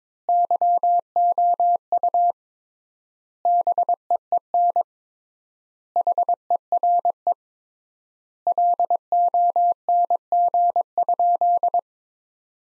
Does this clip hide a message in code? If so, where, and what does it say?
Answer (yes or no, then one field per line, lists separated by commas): yes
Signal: Morse code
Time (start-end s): 0.3-11.8 s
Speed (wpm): 21 wpm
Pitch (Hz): 700 Hz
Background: none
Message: YOU BEEN HERE LONG?